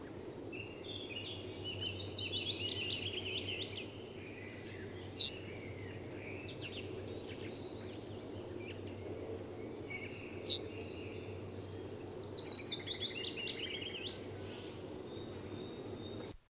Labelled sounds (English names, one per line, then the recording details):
Yellowhammer
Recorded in the wild
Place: Parchtitz, Insel Rügen, Mecklenburg-Vorpommern, DE
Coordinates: 54.342, 13.555
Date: 1976-05-08
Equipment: Nagra III BH, Sennheiser MD 21, parabola
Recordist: Schubert, Michael
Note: Rufgesang von Goldammer